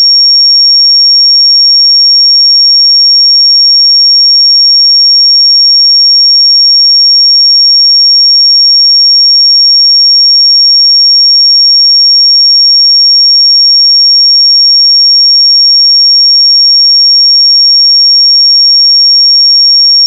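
A pure sine tone at 5541 Hz, thin and piercingly high, holds perfectly steady for the full twenty seconds. Its loudness never wavers and nothing else is heard, just one unbroken whistle-like note in silence.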